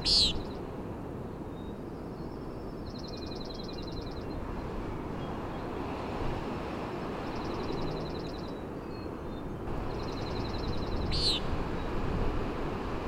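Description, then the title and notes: Common nighthawk peenting once at the start and again near the end, while another bird repeats rapid mechanical trills in between, over rushing wind and ocean noise. Peenting, 3:58am 12 June 2017, summit of Schoodic Head, Schoodic Division, Acadia National Park; gusting wind and ocean noise, high-pass filtered, leveled; Fostex FR2 with Sennheiser ME62 omni mic. "Common Nighthawk at Schoodic Head. Common Nighthawk "peenting" and "wing booms" 3:58am on top of Schoodic Head (Schoodic Div., Acadia National Park)"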